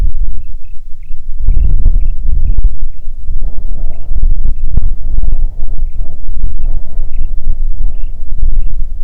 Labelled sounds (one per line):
bird
wind